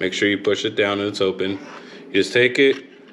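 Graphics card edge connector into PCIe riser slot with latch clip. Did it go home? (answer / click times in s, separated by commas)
no / none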